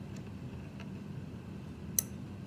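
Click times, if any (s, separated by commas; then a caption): 2.0 s. A smart cable's plastic connector, with its clip turned to the right side, is pushed into a robot motor port over a steady low background hum. A faint tick comes at about 0.8 s. A single sharp, bright click at 2.0 s shows the connector latching and seating in the port.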